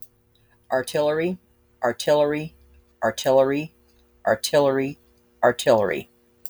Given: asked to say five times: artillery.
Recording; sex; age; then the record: repeated word; female; 60 to 69 years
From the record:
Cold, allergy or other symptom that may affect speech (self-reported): no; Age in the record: 64 years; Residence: Texas, United States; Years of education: 12